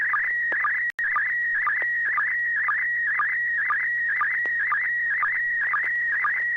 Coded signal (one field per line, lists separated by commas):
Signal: SSTV (slow-scan television)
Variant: PD 120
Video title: N6NA SSTV Net - 07/06/2022